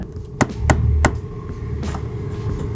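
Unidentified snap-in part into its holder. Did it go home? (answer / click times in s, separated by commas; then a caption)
no / none. An unidentified snap-in part is pressed into its holder, one side in and then the other, producing sharp knocks at about 0.4, 0.7 and 1.1 s, with fainter ones near 0.3 and 1.8 s. Nothing has seated or clicked yet; the part fails to click into place and seems too wide for the holder.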